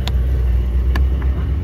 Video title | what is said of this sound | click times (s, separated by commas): GR86 LED Lights and E-brake install | she pops into place | 0.1 s, 1.0 s